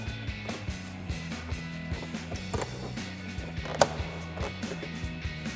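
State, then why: Seated. A metal U-clip is spread by turning a flat screwdriver 90 degrees and pushed over the factory fender lip and the aftermarket Air Design Super Bolt fender flare on a 2020-2026 Sierra 2500. Over steady background music, the clip snaps sharply into place at 3.8 s and is seated.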